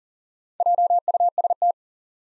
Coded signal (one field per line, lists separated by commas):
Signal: Morse code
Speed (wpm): 40 wpm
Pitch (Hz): 700 Hz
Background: none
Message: JUST